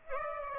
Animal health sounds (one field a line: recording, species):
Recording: mosquito wingbeat signal from an infrared sensor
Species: Aedes aegypti